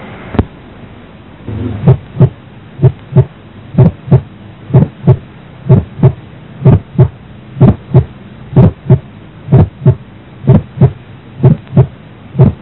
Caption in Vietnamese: Phổi tiên phát hay thứ phát, giãn động mạch phổi, chúng ta nghe thấy tiếng click tấm máu động mạch phổi rõ ở liên sườn 2-3 trái, thay đổi theo hô hấp, mạnh lên ở thì thở ra, yếu hoặc mất đi khi hít vào. Tiếng tim bình thường, sau đó là tiếng click tấm máu động mạch phổi mạnh lên và yếu đi theo hô hấp.